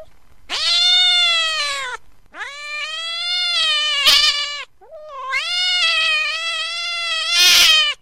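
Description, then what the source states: Cat yowling angrily: three drawn-out, harsh, wavering cries of about one and a half to nearly three seconds each, separated by brief pauses, with a sharp noisy burst near the end. Angry cat.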